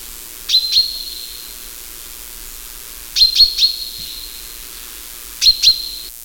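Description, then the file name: Common chaffinch giving sharp, high metallic call notes in small clusters of two or three, with ringing tails and pauses of roughly two seconds between groups. "Fringilla coelebs"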